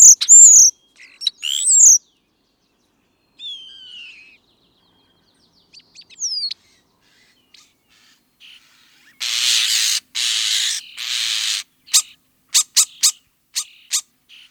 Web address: European Starling